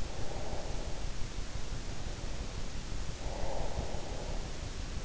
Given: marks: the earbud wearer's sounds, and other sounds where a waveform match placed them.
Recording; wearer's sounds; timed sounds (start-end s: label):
sounds in sleep by an in-ear microphone; breath
0.00-1.32 s: breath
2.78-4.75 s: breath